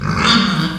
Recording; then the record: squeal of a Yucatan mini pig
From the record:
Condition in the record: after surgery on the right vocal fold (resection and tissue-engineered implant); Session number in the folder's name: 16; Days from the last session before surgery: 183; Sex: female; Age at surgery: 19 weeks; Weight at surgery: 25 kg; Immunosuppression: prednisolone